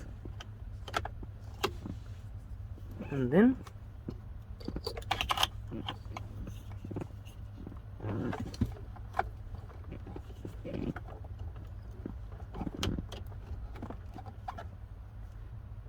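A remote start harness plug is handled near the mating vehicle wiring connector during a remote start installation on a 4th gen 4Runner, with short plastic taps and rattles over a steady low hum while someone talks. The clip ends before the connector goes home, so nothing has seated or clicked yet.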